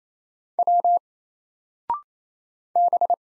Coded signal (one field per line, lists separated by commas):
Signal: Morse code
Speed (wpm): 27 wpm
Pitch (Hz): 700 Hz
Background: none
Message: W B